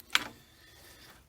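The lower transmission cooler line on a Cherokee is pushed hard into its quick-connect fitting at the radiator. A single sharp snap sounds at 0.2 s, and the rest of the clip is quiet low rumble. The line is seated and reconnected.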